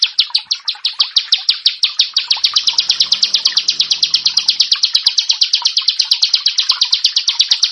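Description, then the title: Bar-winged prinia song: loud, sharp, high notes delivered quickly and evenly in a steady rapid run. "Ciblek Sawah"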